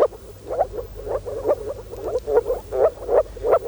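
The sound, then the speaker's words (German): A chorus of moor frogs calling, gathered in spring in ditches and ponds to spawn, with soft, low bubbling calls repeating in quick pulses about twice a second, overlapping one another in a steady, muffled rhythm with no voices. “Das hier sind Moorfrösche.”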